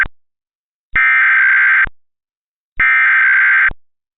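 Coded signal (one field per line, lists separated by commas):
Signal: Emergency Alert System (SAME) tones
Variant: header bursts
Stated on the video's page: Mock alert with valid SAME tones: tornado watch, local area emergency and civil emergency message, all of Texas.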